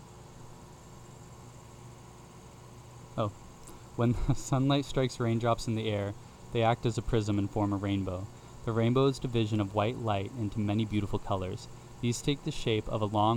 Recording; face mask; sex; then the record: reading aloud; none; male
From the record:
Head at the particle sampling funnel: facing it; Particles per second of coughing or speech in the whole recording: 0.425